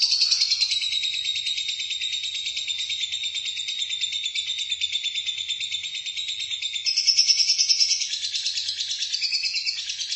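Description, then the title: Lovebird song: a long, rapid, rasping trill, shrill and continuous, with louder, brighter bursts around seven and nine seconds. "BM Suara Burung Lovebird"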